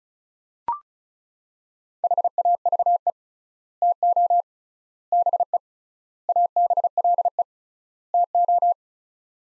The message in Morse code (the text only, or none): HAVE TO BE ABLE TO